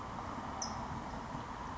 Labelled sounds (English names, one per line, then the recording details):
California Towhee
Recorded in Sonoma County, California